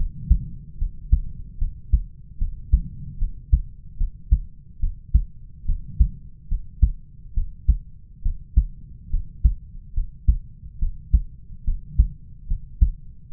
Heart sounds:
heart sounds by stethoscope; 72 bpm
0.78 s: heartbeat
1.58 s: heartbeat
2.38 s: heartbeat
3.18 s: heartbeat
3.97 s: heartbeat
4.80 s: heartbeat
5.65 s: heartbeat
6.48 s: heartbeat
7.34 s: heartbeat
8.22 s: heartbeat
9.10 s: heartbeat
9.93 s: heartbeat
10.79 s: heartbeat
11.64 s: heartbeat
12.47 s: heartbeat
13.30 s: heartbeat
From the record:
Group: healthy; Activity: rest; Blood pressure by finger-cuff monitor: 94/73 mmHg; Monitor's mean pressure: 78 mmHg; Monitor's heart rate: 71 bpm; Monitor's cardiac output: 4.9 L/min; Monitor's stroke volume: 69 mL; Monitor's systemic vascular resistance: 1190 dyn s/cm5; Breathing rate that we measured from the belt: 21 breaths a minute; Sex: male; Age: 20 years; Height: 187 cm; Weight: 68.9 kg

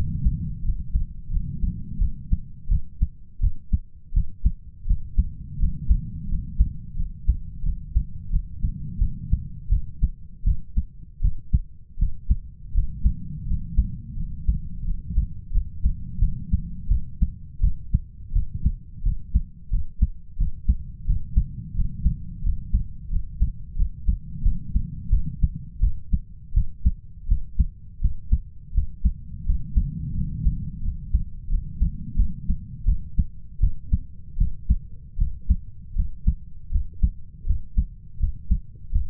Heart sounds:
heart sounds by stethoscope; 85 bpm
0.62 s: heartbeat
1.30 s: heartbeat
1.99 s: heartbeat
2.69 s: heartbeat
3.40 s: heartbeat
4.13 s: heartbeat
4.86 s: heartbeat
5.58 s: heartbeat
6.28 s: heartbeat
6.96 s: heartbeat
7.63 s: heartbeat
8.30 s: heartbeat
8.98 s: heartbeat
9.69 s: heartbeat
10.44 s: heartbeat
11.21 s: heartbeat
11.98 s: heartbeat
12.73 s: heartbeat
13.46 s: heartbeat
14.16 s: heartbeat
14.85 s: heartbeat
15.52 s: heartbeat
16.19 s: heartbeat
16.88 s: heartbeat
17.60 s: heartbeat
18.32 s: heartbeat
19.03 s: heartbeat
19.70 s: heartbeat
20.38 s: heartbeat
21.06 s: heartbeat
21.75 s: heartbeat
22.43 s: heartbeat
23.10 s: heartbeat
23.76 s: heartbeat
24.42 s: heartbeat
25.10 s: heartbeat
25.80 s: heartbeat
26.53 s: heartbeat
27.27 s: heartbeat
28.00 s: heartbeat
28.73 s: heartbeat
29.45 s: heartbeat
30.14 s: heartbeat
30.82 s: heartbeat
31.49 s: heartbeat
32.16 s: heartbeat
32.85 s: heartbeat
33.60 s: heartbeat
34.37 s: heartbeat
35.17 s: heartbeat
35.95 s: heartbeat
36.71 s: heartbeat
37.45 s: heartbeat
38.19 s: heartbeat
38.91 s: heartbeat
From the record:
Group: healthy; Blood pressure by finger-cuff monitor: 114/72 mmHg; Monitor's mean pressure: 83 mmHg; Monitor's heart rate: 86 bpm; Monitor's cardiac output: 7.6 L/min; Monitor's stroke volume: 89 mL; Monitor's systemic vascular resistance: 820 dyn s/cm5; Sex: male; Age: 33 years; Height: 179 cm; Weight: 80.4 kg

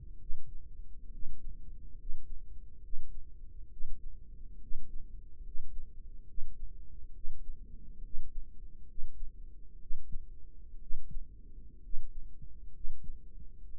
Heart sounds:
heart sounds by microphone in the right ear; 67 bpm
0.20 s: heartbeat
1.12 s: heartbeat
1.99 s: heartbeat
2.83 s: heartbeat
3.71 s: heartbeat
4.61 s: heartbeat
5.45 s: heartbeat
6.27 s: heartbeat
7.14 s: heartbeat
8.03 s: heartbeat
8.88 s: heartbeat
9.80 s: heartbeat
10.81 s: heartbeat
11.83 s: heartbeat
12.74 s: heartbeat
13.70 s: heartbeat
From the record:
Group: healthy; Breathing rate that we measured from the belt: 18 breaths a minute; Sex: male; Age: 30 years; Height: 188 cm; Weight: 110.2 kg

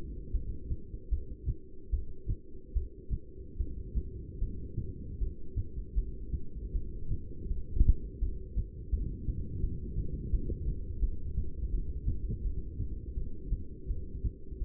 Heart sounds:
heart sounds by stethoscope; 80 bpm
0.33 s: heartbeat
1.10 s: heartbeat
1.91 s: heartbeat
2.74 s: heartbeat
3.58 s: heartbeat
4.40 s: heartbeat
5.20 s: heartbeat
5.96 s: heartbeat
6.74 s: heartbeat
7.49 s: heartbeat
8.21 s: heartbeat
8.91 s: heartbeat
9.62 s: heartbeat
10.32 s: heartbeat
11.02 s: heartbeat
11.72 s: heartbeat
12.44 s: heartbeat
13.16 s: heartbeat
13.89 s: heartbeat
14.60 s: heartbeat
From the record:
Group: heart failure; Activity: rest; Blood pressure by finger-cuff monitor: 184/127 mmHg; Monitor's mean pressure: 149 mmHg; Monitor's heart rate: 79 bpm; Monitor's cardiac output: 7.3 L/min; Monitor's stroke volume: 94 mL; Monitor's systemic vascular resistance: 1560 dyn s/cm5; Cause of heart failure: non-ischemic cardiomyopathy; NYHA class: 1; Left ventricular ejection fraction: 62%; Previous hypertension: present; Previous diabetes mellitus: present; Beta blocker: bisoprolol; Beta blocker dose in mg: 10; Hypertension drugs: sacubitril-valsartan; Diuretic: furosemide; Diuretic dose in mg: 20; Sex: male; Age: 49 years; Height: 167 cm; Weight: 110 kg

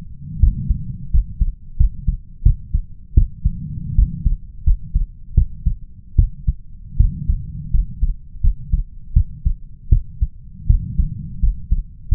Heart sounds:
heart sounds by stethoscope; 82 bpm
0.40 s: heartbeat
1.11 s: heartbeat
1.77 s: heartbeat
2.43 s: heartbeat
3.14 s: heartbeat
3.95 s: heartbeat
4.64 s: heartbeat
5.34 s: heartbeat
6.16 s: heartbeat
6.97 s: heartbeat
7.71 s: heartbeat
8.41 s: heartbeat
9.13 s: heartbeat
9.89 s: heartbeat
10.67 s: heartbeat
11.40 s: heartbeat
12.09 s: heartbeat
From the record:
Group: healthy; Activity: rest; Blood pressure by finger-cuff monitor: 127/86 mmHg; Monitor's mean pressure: 98 mmHg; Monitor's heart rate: 84 bpm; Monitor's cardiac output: 6.4 L/min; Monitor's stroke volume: 75 mL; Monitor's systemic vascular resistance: 1140 dyn s/cm5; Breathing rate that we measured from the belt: 18 breaths a minute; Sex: male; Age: 21 years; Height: 180 cm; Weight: 67.5 kg

